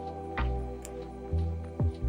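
A plastic model kit piece is pushed into a joint socket over steady background music. A short, sharp click at 0.9 s marks the moment it seats, with duller knocks of handling around it.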